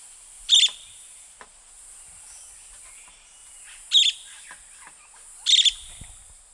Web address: Natures Songs S America Eastern Lowlands. Megarynchus pitangua, call